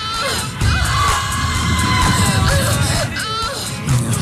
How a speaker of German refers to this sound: Also, schrei vor Glück!